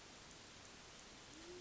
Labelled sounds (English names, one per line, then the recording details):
Band-tailed Pigeon
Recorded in Sonoma County, California